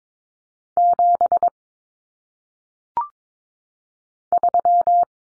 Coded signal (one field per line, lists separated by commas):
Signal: Morse code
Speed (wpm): 22 wpm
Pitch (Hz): 700 Hz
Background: none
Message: 7 3